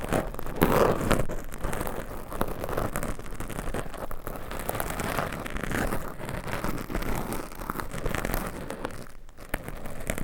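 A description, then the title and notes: Mic scratching with long nails fills the clip, a dense, steady run of rapid scraping and crinkling strokes. The texture is rough and mid-toned, with brief dips and bursts, including a short pause near nine seconds before the scratching resumes. ASMR Mic Scratching - Brain Scratching Hypnotic Asmr No Talking for Sleep with Long Nails.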